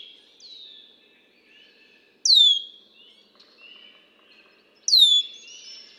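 Red-winged blackbird song: soft opening notes, then two loud, bright, downslurred phrases with trailing tails, about two and a half seconds apart.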